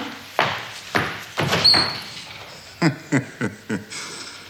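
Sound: door being opened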